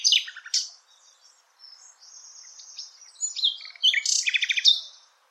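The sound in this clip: Bird singing high chirps and twittering phrases, thin whistles, then a rapid buzzy trill of repeated notes near the end.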